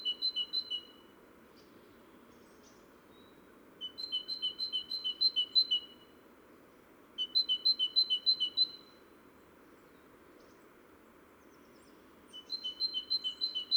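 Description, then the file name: Great tit song: four bursts of fast, repeated, ringing two-note phrases with brief pauses between them, over a constant low hum. "Parus major"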